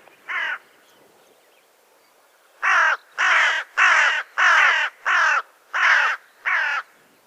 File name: Corvus corone